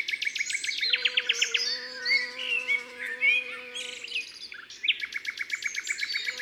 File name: Bourdon matinal Saint-Laurent-les-Bains Ambiances Sonores d Ardeche Studio Les Trois Becs